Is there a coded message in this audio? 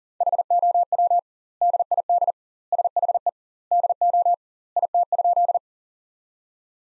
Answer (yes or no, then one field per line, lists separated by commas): yes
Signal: Morse code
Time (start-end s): 0.2-5.6 s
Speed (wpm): 40 wpm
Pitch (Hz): 700 Hz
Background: none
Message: HOW DID SHE DO IT?